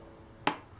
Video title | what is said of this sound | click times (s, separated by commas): ACTION MAN MISSION RAFT 1993 W/WORKING OUTBOARD MOTOR | just locks into place | 0.5 s